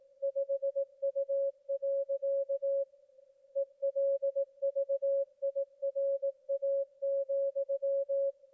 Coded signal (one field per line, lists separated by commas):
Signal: Morse code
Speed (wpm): 18 wpm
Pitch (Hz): 550 Hz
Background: none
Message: 5U. ELVIRA,